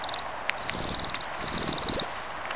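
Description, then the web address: Bohemian waxwing giving high, thin buzzy trills in several short bursts, over background noise. "bombycillagarrulus"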